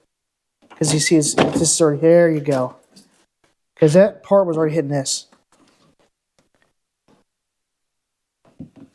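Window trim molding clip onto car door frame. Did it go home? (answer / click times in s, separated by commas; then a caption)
no / none. Plastic window trim molding on a 2016-2020 Honda Civic is handled against the car door frame with the door open, ready to be pushed onto its clip. Someone talks, then there are faint handling taps near the end. Nothing has seated or clicked yet.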